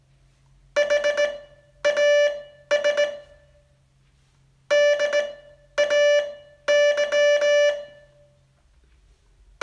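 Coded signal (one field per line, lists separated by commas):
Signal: Morse code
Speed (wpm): 18 wpm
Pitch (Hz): 580 Hz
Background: music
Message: HAS DAY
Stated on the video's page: Day 35 test of a 42-day Morse training course.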